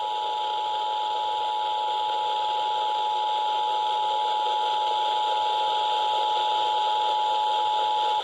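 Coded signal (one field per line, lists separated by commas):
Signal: Emergency Alert System (SAME) tones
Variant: 853 and 960 Hz attention tone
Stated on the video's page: Severe thunderstorm warnings for North Carolina and Virginia counties, some relayed via WXL70, WKBC or EMNet, one caught only partially.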